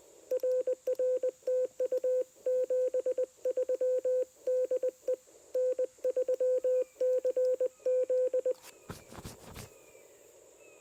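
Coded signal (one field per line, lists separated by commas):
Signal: Morse code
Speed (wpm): 21 wpm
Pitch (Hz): 510 Hz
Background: none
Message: RR TU 73 DE N3CZ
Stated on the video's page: CW during a POTA park activation on a homebrew 20 m QRP transceiver with mini CW key and EFHW antenna.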